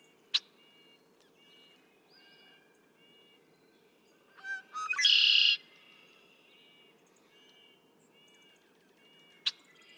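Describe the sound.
Red-winged Blackbird song in the middle, short notes then a loud buzzy trill, set among repeated soft whistled notes and two sharp clicks.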